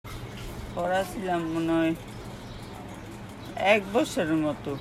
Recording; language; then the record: elicited speech; Bengali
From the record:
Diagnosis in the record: Broca's or global aphasia after a stroke